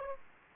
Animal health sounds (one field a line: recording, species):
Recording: mosquito wingbeat signal from an infrared sensor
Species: Aedes aegypti